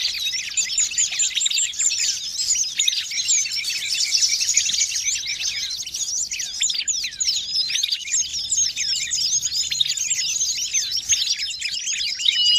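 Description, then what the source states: Birds in a thick, unbroken flock chatter, countless sharp chirps and flicked notes overlapping for the whole stretch. Noisy birds, used as a master lure ('pikat') for catching birds.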